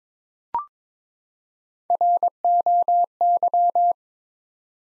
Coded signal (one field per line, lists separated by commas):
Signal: Morse code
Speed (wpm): 22 wpm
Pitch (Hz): 700 Hz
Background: none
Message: ROY